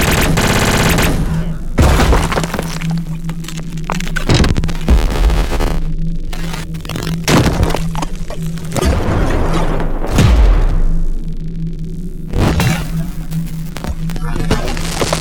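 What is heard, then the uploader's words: Alien creature sound effects: a steady low hum under crackling, shattering bursts and sharp cracks at about 2, 5, 10 and 12 seconds. Invader - Alien Creature Sound Effects. Sci-fi sound effects and textures. Created using hardware synthesizers and field recordings.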